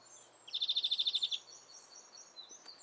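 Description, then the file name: European greenfinch utters a single quick, dry rattling trill of about a dozen notes, followed by faint thin high calls. "Chloris chloris"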